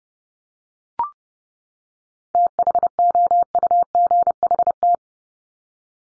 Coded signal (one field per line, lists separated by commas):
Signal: Morse code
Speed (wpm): 30 wpm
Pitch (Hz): 700 Hz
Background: none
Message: THOUGHT